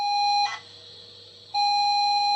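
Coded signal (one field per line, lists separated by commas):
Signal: ZX Spectrum tape loading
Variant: Sinclair ZX Spectrum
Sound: steady buzzing lead tone, a brief harsh data screech, a pause, then the lead tone again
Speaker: the sound that i love is the noise that is sinclair's zx spectrum makes when it loads a program from cassette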